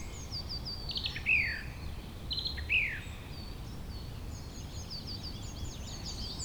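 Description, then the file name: Bird song: two clear downslurred whistled phrases about a second and a half apart, with faint high twittering of other birds behind and a soft hiss. "beautiful Birdsong"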